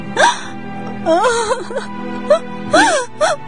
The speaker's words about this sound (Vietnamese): Tự Yên sợ hãi lùi giận ra sau, đến nước không lùi được nữa. Tự Yên mới lớn tiếng khóc òa.